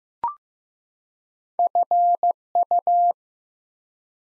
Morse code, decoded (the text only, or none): FU